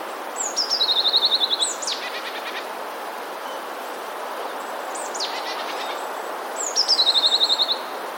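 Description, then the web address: Eurasian blue tit giving two high trilled phrases about six seconds apart, with a few sharp clicking sounds in between. "wroblowe teka spiew 14. modraszkoteka"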